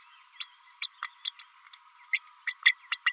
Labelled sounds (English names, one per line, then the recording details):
Green-rumped Parrotlet babbling
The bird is a female
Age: 32 days
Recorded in a nest box in Venezuela
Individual 17B32A5